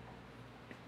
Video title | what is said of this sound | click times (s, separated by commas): Camaro RS Rally Sport 1968 1969 Detroit Speed Electric Headlight Door Kit Episode 174 Autorestomod 2 | You could hear it snap into place. | 0.7 s